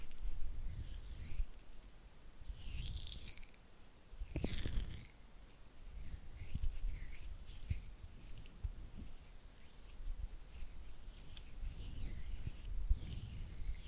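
Oily hands rub and flutter with wet, slippery smacks and soft patters that come in irregular bursts. Bright hissing squelches flare up every second or two, with a sharper slap near four seconds, over a steady low rumble.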